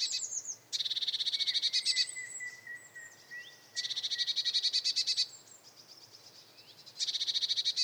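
Eurasian blue tit churring in three rapid buzzy bursts, with thin high notes and a long, even, lower whistle drawn out between the bursts.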